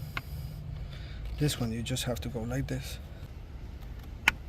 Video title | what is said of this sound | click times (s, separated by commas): CHR BATTERY - HOW TO REPLACE - TOYOTA 2021 | And you see that's how it clicks back on. | 4.3 s